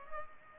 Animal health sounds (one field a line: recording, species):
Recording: mosquito wingbeat signal from an infrared sensor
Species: Culex pipiens